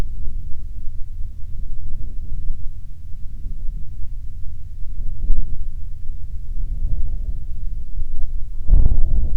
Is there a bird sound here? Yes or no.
yes